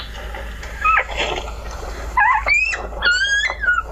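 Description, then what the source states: Wolf pup whining: several thin, high whimpers that rise and fall in short bursts. Newborn wolf pup, the first of four siblings born, already whining.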